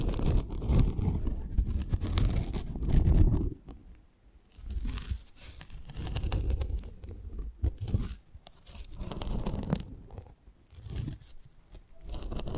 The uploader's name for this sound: ASMR Close Up Mic Treatment